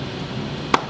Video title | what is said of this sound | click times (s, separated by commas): RapidTag Features and Functions | it a little wiggle and make sure that it locks into place and now | 0.7 s